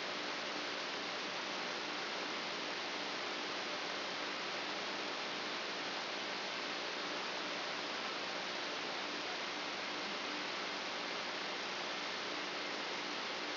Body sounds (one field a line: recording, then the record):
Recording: brain microelectrode recording played as sound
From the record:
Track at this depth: outside the subthalamic nucleus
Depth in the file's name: 8.628 mm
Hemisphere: left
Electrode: 2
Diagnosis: Parkinson's disease